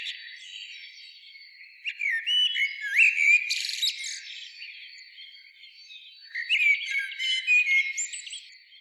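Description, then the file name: Common blackbird singing two melodious warbling phrases ending in high squeaky twitters, separated by a short pause, over a steady faint high drone. "Turdus merula"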